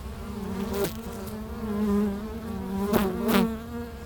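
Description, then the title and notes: Honey bee hum, steady and low, with a few sharp clicks. Honey bees recorded at a hive entrance in a bee pavilion of a botanical garden in Meise, Belgium, with microphones placed at the entrance of the hive. "Meise, Jardin botanique. Pavillon des abeilles, micros placés à l'entrée de la ruche."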